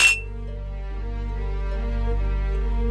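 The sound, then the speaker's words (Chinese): A single bright clink of glasses in a toast rings out at the start, then a low, steady musical drone takes over and sustains to the end. “来，走一个。 干杯。”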